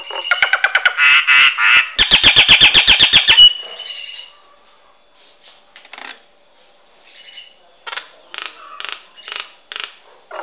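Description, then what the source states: Nias hill myna opens with loud squawky chatter and a quick rattling run of clicks, then drops to softer scattered notes and short chirps toward the end. Noisy bird chattering continuously.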